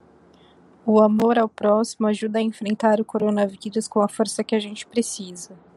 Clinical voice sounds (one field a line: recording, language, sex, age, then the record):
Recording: spoken sentence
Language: Brazilian Portuguese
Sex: female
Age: 30 to 39 years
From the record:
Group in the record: control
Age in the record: 32 years